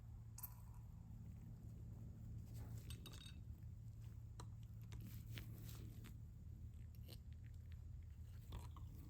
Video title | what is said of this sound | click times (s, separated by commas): Supertech Valve Seal Installation On My 2JZ Swapped 280z Project! | you can kind of hear them they just kind of click in um so | 0.4 s, 4.4 s